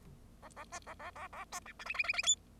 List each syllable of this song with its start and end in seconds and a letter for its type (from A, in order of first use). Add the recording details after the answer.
0.42-0.49 A, 0.56-0.64 A, 0.72-0.79 B, 0.86-0.94 A, 0.99-1.11 A, 1.15-1.28 A, 1.33-1.45 A, 1.52-1.60 C, 1.65-1.73 D, 1.79-1.84 E, 1.85-1.94 F, 1.94-2.03 F, 2.04-2.13 F, 2.13-2.23 F, 2.23-2.35 G. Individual Bird0